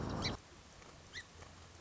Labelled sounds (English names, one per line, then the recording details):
Song Sparrow
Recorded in Sonoma County, California